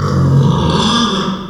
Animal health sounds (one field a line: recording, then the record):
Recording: squeal of a Yucatan mini pig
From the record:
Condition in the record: after surgery on the right vocal fold (resection and tissue-engineered implant)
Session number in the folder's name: 16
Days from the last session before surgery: 183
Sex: female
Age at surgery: 19 weeks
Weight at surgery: 25 kg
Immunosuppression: prednisolone